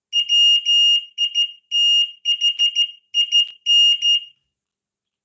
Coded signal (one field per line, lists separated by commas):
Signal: Morse code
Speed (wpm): 14 wpm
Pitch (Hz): 2850 Hz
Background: none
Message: WITHIN